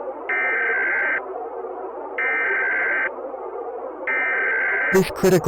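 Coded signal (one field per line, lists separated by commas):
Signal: Emergency Alert System (SAME) tones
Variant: header bursts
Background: speech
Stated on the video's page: Fictional Emergency Alert System scenario, a made-up alert about aliens escaping Area 51, not a real broadcast.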